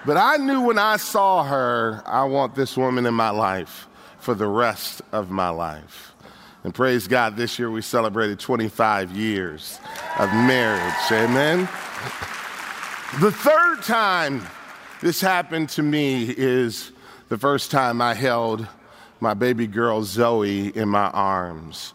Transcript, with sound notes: But I knew when I saw her, “I want this woman in my life for the rest of my life!” And praise God, this year we celebrated twenty-five years of marriage. (applause) And then, the third time this happened to me is the first time I held my baby girl Zoe in my arms.